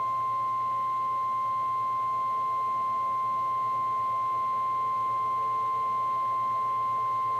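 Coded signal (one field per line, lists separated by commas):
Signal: Emergency Alert System (SAME) tones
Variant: 1050 Hz attention tone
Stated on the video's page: Real EAS alerts for severe thunderstorm warnings from NOAA Weather Radio station KHB36, one issued with emergency management as the source.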